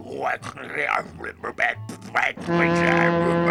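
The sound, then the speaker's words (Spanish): Brief vocal sounds give way to a loud, sustained moose call whistle, blown at a moose's cave to call a moose: a low, buzzy, strongly harmonic blast held steady for about a second at the end. “Soplaré mi silbato de alces.”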